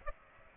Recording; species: mosquito wingbeat signal from an infrared sensor; Aedes aegypti